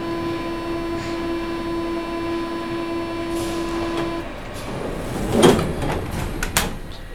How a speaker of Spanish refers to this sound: Es claramente un tren de vapor.